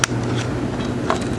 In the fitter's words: you get it slide there who's like pops right in place